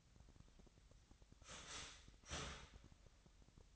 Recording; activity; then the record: daily activity, microphone in the room; start toaster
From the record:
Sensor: 3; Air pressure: 1001.9 hPa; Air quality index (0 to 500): 246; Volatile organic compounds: 49 ppm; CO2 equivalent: 3282 ppm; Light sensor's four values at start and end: 14/41/18/15 and 14/41/18/15